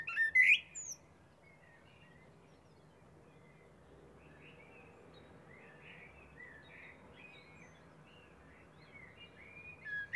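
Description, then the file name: Eurasian blackbird giving loud rising notes at the start and end of the stretch, with soft faint bird notes in between. "Turdus merula"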